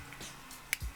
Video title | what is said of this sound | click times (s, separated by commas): How to Load a Paterson Spiral - Understanding Film Photography | we hear the click back about a quarter turn till it stops | 0.7 s